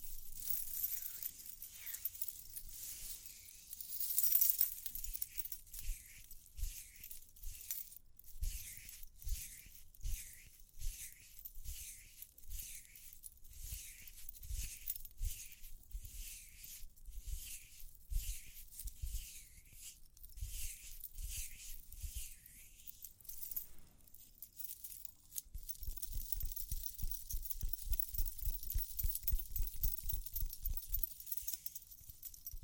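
Ear cleaning with tapping and scratching, opening on a bright rustle before a long run of evenly spaced taps, roughly two per second, each carrying a light jingle. Near the end the strokes quicken into a dense, rapid scratching with a hissy edge and soft low thumps.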